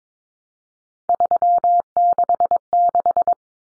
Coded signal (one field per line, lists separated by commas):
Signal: Morse code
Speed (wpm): 22 wpm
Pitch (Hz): 700 Hz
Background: none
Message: 366